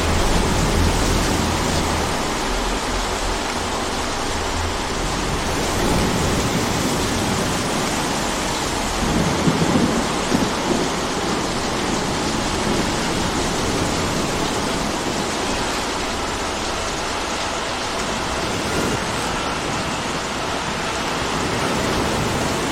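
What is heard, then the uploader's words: Gentle rain falls in a steady, dense hiss that stays even from start to finish, with no gaps or sudden changes. The sound is full and bright, with a soft low rumble underneath, and a few faint taps and thuds surface around the ten-second mark. Gentle rain sounds. The rhythmic patter of raindrops.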